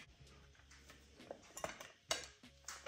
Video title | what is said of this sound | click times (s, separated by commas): Yummy chicken curry - New cookware set from Amazon - Chicken curry- #tejvlogs #australiateluguvlogs | so దీన్ని ఇలా పెట్టి ఇలా అంటే ఆటోమేటిక్ లాక్ అయిపోతుంది. | 2.1 s